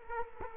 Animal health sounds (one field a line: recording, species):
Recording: mosquito wingbeat signal from an infrared sensor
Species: Culex quinquefasciatus